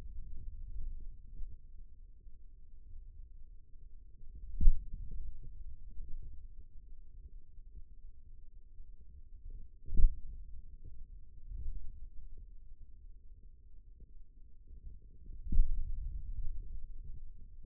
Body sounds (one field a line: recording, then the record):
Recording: forearm muscle sounds (acoustic myography)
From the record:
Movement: finger pinch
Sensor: system 2, bracelet of six BSWA MPA416 microphones around the upper forearm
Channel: 3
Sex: male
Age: 22 years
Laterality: right